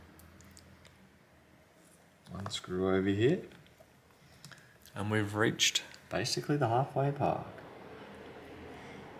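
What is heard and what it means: A new charging port sub-board is positioned and aligned in the mid-frame of a Samsung Galaxy A17 5G during a charger port replacement, before being pressed home. Someone talks, with faint handling taps and clicks around 0.2–0.9 s and 4.5 s. Nothing has seated or clicked into place yet.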